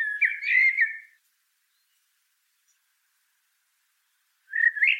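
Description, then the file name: Common blackbird song: one fluted warbled phrase, a long silence, then the start of another rising phrase. "Turdus merula"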